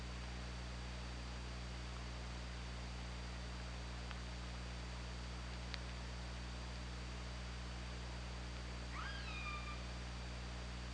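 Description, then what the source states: Orca call underwater: two sharp clicks, then one rising-flat call near the end, over steady low hum and hiss. Recorded by OrcaLab hydrophone on 24 August 2017.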